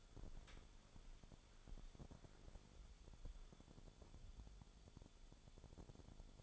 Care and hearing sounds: daily activity, microphone in the room; walk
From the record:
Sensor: 5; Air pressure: 1015.4 hPa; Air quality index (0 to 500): 171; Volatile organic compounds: 6 ppm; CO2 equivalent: 1860 ppm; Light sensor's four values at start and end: 37/84/34/33 and 37/84/34/33

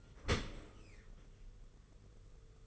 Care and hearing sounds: daily activity, microphone in the room; open dishwasher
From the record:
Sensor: 4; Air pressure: 991.3 hPa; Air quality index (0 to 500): 158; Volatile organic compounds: 126 ppm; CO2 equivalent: 3909 ppm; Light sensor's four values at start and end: 23/75/28/28 and 23/75/28/28

